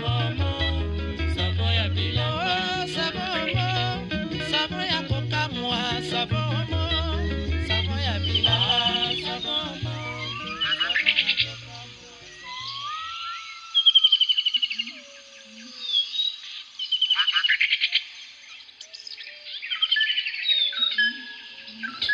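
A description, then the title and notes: Congolese rumba plays for the first twelve seconds, with a steady, bouncing bass line and bright guitar figures, while tropical birds chirp over it. Then the music stops, leaving only birdsong: quick whistles, trills and chirps in scattered bursts with short pauses between. Congolese Rumba and Tropical Birdsong. Throughout the radio show are the sounds of tropical birds recorded by Jean Roché.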